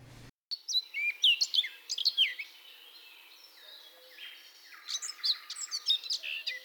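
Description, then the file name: Eurasian blackcap singing a rich, fast warble of slurred whistles and chatter in two bursts, with a brief thump at the very start. "baratposzata"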